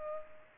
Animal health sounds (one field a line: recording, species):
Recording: mosquito wingbeat signal from an infrared sensor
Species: Culex pipiens